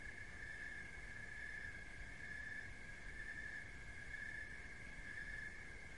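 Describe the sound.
Cricket giving a continuous shrill trill, with a low background hum throughout.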